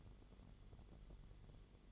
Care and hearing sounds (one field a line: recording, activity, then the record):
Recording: daily activity, microphone in the room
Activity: light off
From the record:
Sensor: 4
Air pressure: 1008.6 hPa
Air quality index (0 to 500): 92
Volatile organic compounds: 1 ppm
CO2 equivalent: 695 ppm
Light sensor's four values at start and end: 13/28/11/11 and 12/28/11/11